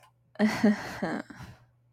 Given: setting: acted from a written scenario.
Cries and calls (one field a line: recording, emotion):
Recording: vocal sound without words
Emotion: embarrassment